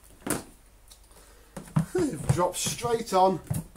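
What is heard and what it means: The top motor head of a cylinder vacuum, fitted with a red filter, is lowered onto a differently sized plastic dust bin while someone talks. A few sharp knocks are heard, around 0.3, 1.6 and 1.8 seconds. Nothing has seated or clicked into place yet.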